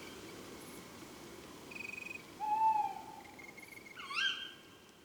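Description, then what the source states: Tawny owl giving a short, steady hoot, then a sharp rising kewick call, with a soft high stuttering trill in the background. Several owls recorded at Chanéac, Ardèche.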